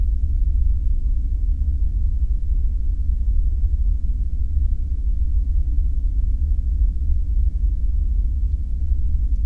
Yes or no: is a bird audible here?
no